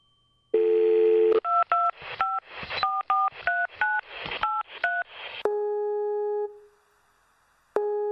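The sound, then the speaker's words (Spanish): A steady dial tone gives way to about ten quick two-note keypad beeps in an uneven rhythm, then a held tone, a soft hiss, and another tone starting at the end. “El presente cuestionario debe ser respondido con el teclado telefónico.”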